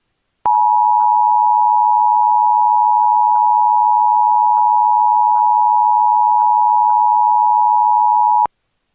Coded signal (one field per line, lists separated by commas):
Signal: Emergency Alert System (SAME) tones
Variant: 853 and 960 Hz attention tone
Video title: EAS for eureka fire 2026￼